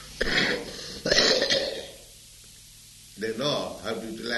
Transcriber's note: coughing